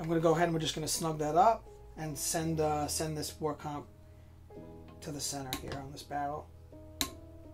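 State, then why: Torque reached. A torque wrench held at a 90-degree angle tightens a steel Surefire WarComp muzzle compensator onto a rifle barrel while someone talks. At 7.0 s the wrench breaks over with a single sharp click, showing it has reached its torque setting.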